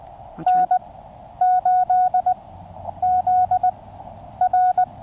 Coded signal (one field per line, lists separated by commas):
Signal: Morse code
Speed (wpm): 20 wpm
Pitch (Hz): 730 Hz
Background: none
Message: N8ZR